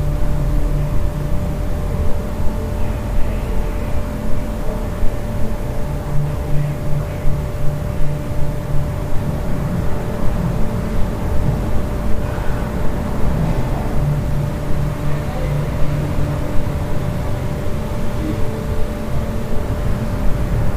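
Sounds from a hostel room in Central America: a continuous low, dense rumble, like machinery or a motor running, fills the whole recording. A steady mid-pitched tone hums throughout, and faint irregular knocks and rattles rise briefly around the middle and later.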